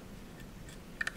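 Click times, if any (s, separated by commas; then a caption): 1.0 s, 1.1 s. A SIM card, chip face down and notch first, is pressed into SIM slot 1 of a Cradlepoint IBR1700 Series rugged LTE router, where it must click to be locked in. After a quiet low hum, two short, sharp clicks sound at 1.0 s and 1.1 s as the card seats into the slot.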